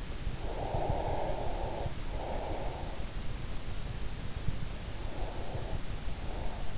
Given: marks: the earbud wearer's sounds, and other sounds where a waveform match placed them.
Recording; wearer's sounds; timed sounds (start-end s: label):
sounds in sleep by an in-ear microphone; breath
0.35-3.04 s: breath
4.93-6.78 s: breath